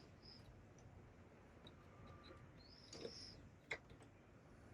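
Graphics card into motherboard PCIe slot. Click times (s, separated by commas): 3.7 s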